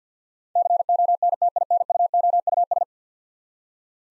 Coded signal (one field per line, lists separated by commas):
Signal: Morse code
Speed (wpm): 50 wpm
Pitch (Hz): 700 Hz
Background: none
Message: CONTINUOUS